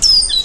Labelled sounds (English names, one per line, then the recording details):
Stitchbird song
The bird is a male
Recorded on Tiritiri Matangi Island, New Zealand, in 2005
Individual 3, of nest box 3